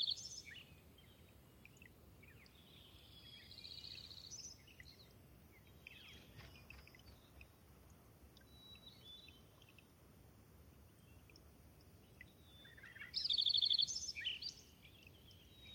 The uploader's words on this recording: Thirtymile Meadows is a wet, subalpine meadow high in the Okanogan National Forest. A natural shallow bowl, it collects meltwater from each winter and slowly drains away through innumerable soft tinkling streams. When I visited in the Summer of 2019 I was never certain where the next morning's dawn chorus would arrive from. Unfortunately, one of my microphones failed overnight, and I ended up with a lopsided recording.